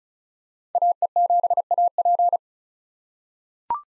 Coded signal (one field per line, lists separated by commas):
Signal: Morse code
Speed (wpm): 36 wpm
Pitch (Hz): 700 Hz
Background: none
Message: AE7AP